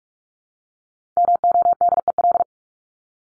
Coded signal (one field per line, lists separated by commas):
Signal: Morse code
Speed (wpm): 44 wpm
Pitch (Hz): 700 Hz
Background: none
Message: MODEL